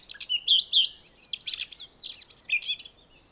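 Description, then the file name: Eurasian blackcap song, rising whistled notes followed by rapid scratchy twittering and a final bright phrase, fading to near quiet at the end. "Sylvia atricapilla"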